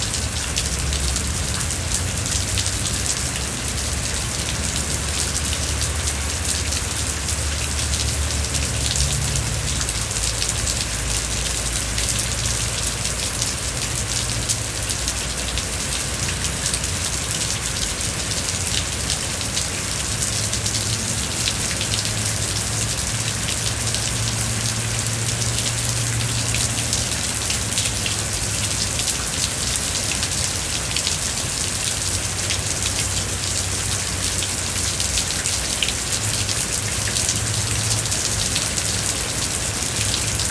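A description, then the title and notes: Rain falls steadily and densely, a bright hiss of drops on a surface, with a faint low rumble drifting underneath throughout. Rain Sounds. Raw Nature.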